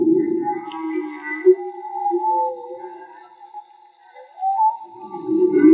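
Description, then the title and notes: Whale song: long, low moaning tones layered with wavering higher harmonics, gently sliding in pitch, thinning out midway before a rough low rumble swells back in. Whale song; field recording made underwater with homemade DIY hydrophones, audio cleaned afterwards. "CANTO DE BALLENAS MAGMA. Grabación de campo y construcción dehidrofonos DIY: Jorge Barco. Limpieza de audio: Santiago Minotas"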